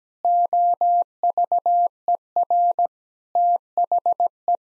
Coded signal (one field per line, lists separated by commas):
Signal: Morse code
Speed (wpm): 17 wpm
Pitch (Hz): 700 Hz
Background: none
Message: OVER THE